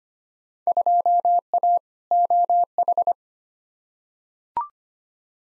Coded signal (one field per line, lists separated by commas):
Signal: Morse code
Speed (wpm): 25 wpm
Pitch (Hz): 700 Hz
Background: none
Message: 2A OH